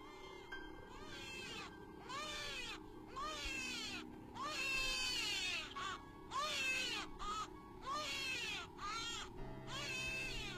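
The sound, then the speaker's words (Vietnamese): A newborn baby cries in a steady series of about nine loud, wavering wails, each rising and falling in pitch, with short gasping breaks between them over a low constant background hum. “Tiếng khóc vang lên ở trong căn phòng này, mà lại là tiếng khóc của đứa trẻ sơ sinh, nghe đến đáng sợ.”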